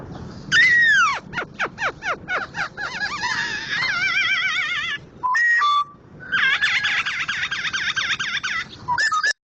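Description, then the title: Laughingthrush delivering a falling whistle, a fast series of downslurred notes, then buzzy trilled passages and a steady held whistle. Loud-voiced national champion contest bird, in persistent vigorous song (gacor). "Poksay Jambul Sumatra Suara Keras Juara Nasional. Poksay Hongkong gacor mantab (Gathutkaca)"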